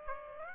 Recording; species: mosquito wingbeat signal from an infrared sensor; Aedes aegypti